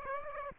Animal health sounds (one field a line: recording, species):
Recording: mosquito wingbeat signal from an infrared sensor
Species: Aedes aegypti